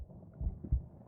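Normal heart sounds, heard through a microphone placed against an adult woman's chest.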